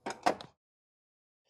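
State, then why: Seated. During head gasket replacement reassembly on a Nissan X-Trail with the QR25 engine, the wiring harness connector is pushed back onto the throttle body. A short burst of handling noise is followed by a sharp click at 0.4 s as the connector seats, then silence. The connector is confirmed clicked back in place.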